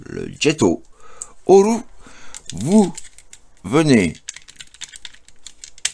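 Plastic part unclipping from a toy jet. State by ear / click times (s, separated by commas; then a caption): released / 5.9 s. Someone talks while handling a jet from a plastic transforming toy, followed by a series of small plastic clicks and taps from about 4.8 seconds. A sharp, loud plastic snap at 5.9 seconds is the part unclipping and releasing from the toy jet.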